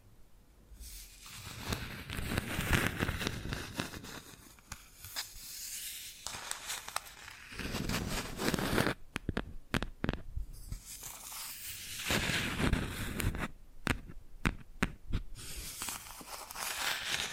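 Bamboo being scratched and brushed in dense, uneven bursts, with sharp tapping clicks clustering around ten and fourteen seconds amid brief quieter pauses.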